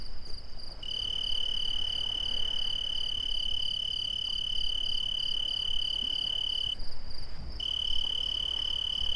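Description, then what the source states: Cricket trills: a steady high ringing tone with a faster pulsing trill above it, the tone cutting out briefly near seven seconds before resuming, over a low background rumble. Two crickets.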